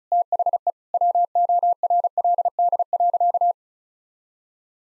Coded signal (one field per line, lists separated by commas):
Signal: Morse code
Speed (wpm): 36 wpm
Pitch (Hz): 700 Hz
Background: none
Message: THE WORLD.